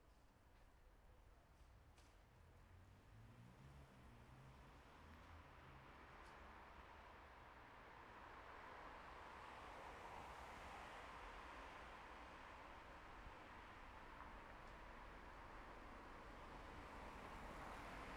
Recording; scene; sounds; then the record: everyday scene through a hearing-aid microphone; in traffic; traffic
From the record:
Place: bus stop on a city main road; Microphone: behind the ear, left, front